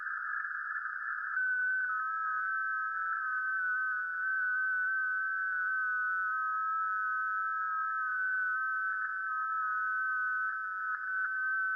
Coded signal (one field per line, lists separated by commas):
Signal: FT8